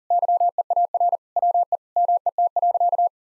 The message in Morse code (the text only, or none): YEAR WE MET.